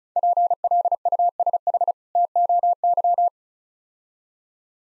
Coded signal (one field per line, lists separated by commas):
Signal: Morse code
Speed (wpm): 36 wpm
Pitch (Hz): 700 Hz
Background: none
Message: PLUSH TOY